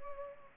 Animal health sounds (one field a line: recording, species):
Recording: mosquito wingbeat signal from an infrared sensor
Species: Culex pipiens